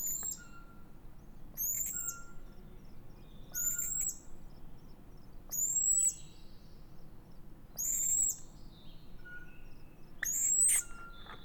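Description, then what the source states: Eurasian pygmy owl calls: repeated high, thin, sharp squeaking notes in bursts roughly every two seconds, with soft lower whistles between. Food pass, with various calls of male, female and nestlings.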